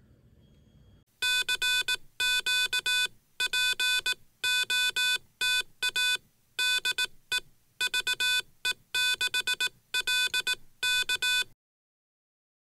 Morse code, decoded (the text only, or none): CQPOTA DE VE6LK